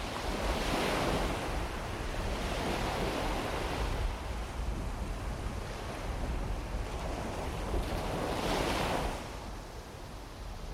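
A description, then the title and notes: Waves roll in at sunrise, a dense, continuous wash of surf that swells and recedes in broad surges, with louder breaks near the start, around 4 seconds and again near 9 seconds. A low rumble of wind buffets underneath, and the sound eases slightly toward the end. Sunrise waves. Nestled in Bay Gall, one of Hilton Head Island's historic Gullah neighborhoods, Fish Haul Beach is perhaps one of the hidden gems on the Island. This beach overlooks Port Royal Sound. Recorded by Jake Carnley.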